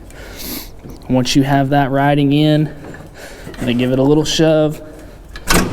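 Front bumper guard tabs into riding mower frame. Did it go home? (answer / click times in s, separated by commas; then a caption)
yes / 5.4 s, 5.5 s. A front bumper guard is shoved onto the frame of a John Deere lawn tractor (S100, E100, D100, S200) while someone talks. The tabs snap into place with clicks at 5.4 s and 5.5 s, and the guard is seated.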